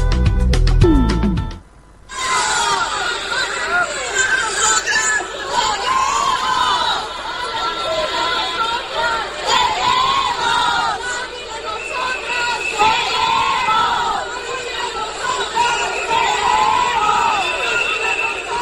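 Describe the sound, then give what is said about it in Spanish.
A protest march crowd in Chile on 6 July chants and shouts together "te creemos" (we believe you), a dense, loud wall of many voices that keeps going steadily for the whole stretch after a short opening tone. “Bueno, ahí estábamos escuchando, no sé si se llegaba a entender con claridad, pero decían Valentina, te creemos, ¿no?”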